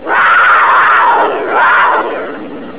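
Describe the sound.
Panther giving a loud, rough, drawn-out cry that swells twice and then fades.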